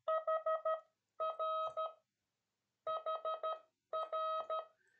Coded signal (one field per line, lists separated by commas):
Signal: Morse code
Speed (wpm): 13 wpm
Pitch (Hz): 1270 Hz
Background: none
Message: HR HR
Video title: S2CN - CÓDIGO MORSE 26 - ABREVIATURAS DE SERVICIO